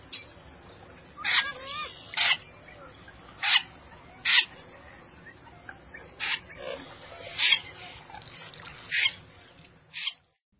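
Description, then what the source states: Wilson's Snipe alarm calls: a run of rough, grating single notes given at uneven intervals, with faint background hiss. Alarm call, often given when the bird is flushed; the only sound usually heard in winter and during migration; a marsh bird that hides.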